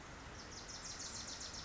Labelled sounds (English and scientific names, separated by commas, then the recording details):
Wilson's Warbler (Cardellina pusilla)
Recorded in Sonoma County, California